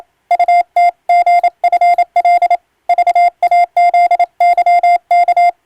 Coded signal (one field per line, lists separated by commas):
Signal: Morse code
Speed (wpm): 29 wpm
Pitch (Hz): 700 Hz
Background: none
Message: UTGFL VAZYK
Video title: 【船舶無線通信士】昔懐かしい船舶通信士がエレキーで打つ欧文無線電報！無線通信士の国家試験の練習風景です。令和の今でも電気通信術と言うモールスの実技試験があります。morse code practice